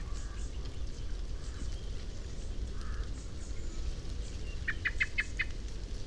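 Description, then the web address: Common blackbird giving one brief burst of four or five sharp chink notes near the end, after quieter faint sounds, over a low rumble. "SETE data Turdus merula"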